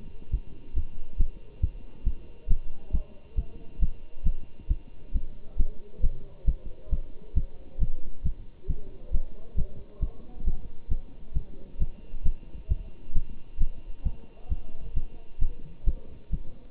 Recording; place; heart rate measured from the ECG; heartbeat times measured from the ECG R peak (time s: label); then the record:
heart sounds by stethoscope; between the tricuspid and mitral areas; 135 bpm
0.31 s: heartbeat
0.74 s: heartbeat
1.17 s: heartbeat
1.61 s: heartbeat
2.04 s: heartbeat
2.47 s: heartbeat
2.91 s: heartbeat
3.36 s: heartbeat
3.79 s: heartbeat
4.23 s: heartbeat
4.68 s: heartbeat
5.12 s: heartbeat
5.57 s: heartbeat
6.01 s: heartbeat
6.45 s: heartbeat
6.90 s: heartbeat
7.34 s: heartbeat
7.79 s: heartbeat
8.23 s: heartbeat
8.67 s: heartbeat
9.11 s: heartbeat
9.55 s: heartbeat
10.00 s: heartbeat
10.44 s: heartbeat
10.88 s: heartbeat
11.33 s: heartbeat
11.78 s: heartbeat
12.23 s: heartbeat
12.68 s: heartbeat
13.13 s: heartbeat
13.58 s: heartbeat
14.03 s: heartbeat
14.49 s: heartbeat
14.94 s: heartbeat
15.39 s: heartbeat
15.84 s: heartbeat
16.30 s: heartbeat
From the record:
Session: Bruce protocol treadmill stress test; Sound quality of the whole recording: good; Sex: male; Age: 25 years